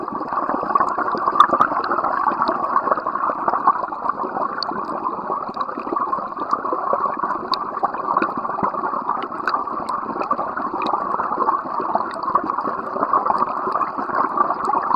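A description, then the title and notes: A small river runs in a steady, dense rush of mid-toned water, with faint bright ticks and splashes scattered throughout. A baby river near Faja Grande. I am currently in quarantine on an island in the middle of the Atlantic ocean - Flores, Azores.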